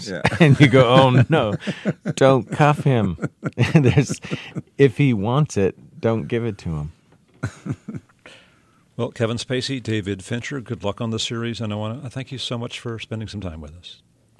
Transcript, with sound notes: And you go oh, no. Don't cuff him. And it's - if he wants it, don't give it to him.
(LAUGHTER)
Well, Kevin Spacey, David Fincher, good luck on the series. And I want to thank you so much for spending some time with us.